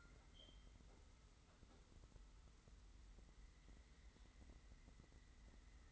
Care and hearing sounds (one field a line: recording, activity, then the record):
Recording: daily activity, microphone in the room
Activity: wipe stove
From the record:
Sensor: 3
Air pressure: 990.4 hPa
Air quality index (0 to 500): 179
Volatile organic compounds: 1000 ppm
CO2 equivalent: 5827 ppm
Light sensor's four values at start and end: 46/110/45/43 and 46/110/45/43